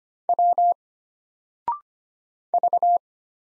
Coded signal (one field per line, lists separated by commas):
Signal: Morse code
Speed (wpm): 25 wpm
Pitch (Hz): 700 Hz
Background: none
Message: W V